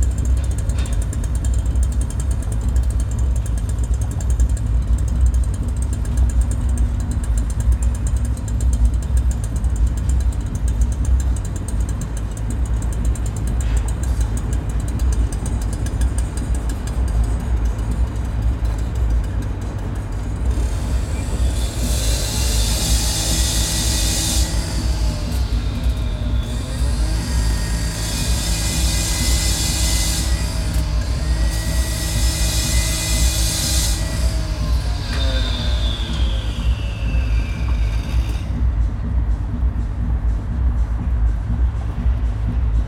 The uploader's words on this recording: Frank Zappa Straße Marzahn-Berlin-DDR - the view from my window. Recorded my window this morning. I didn't add any sound.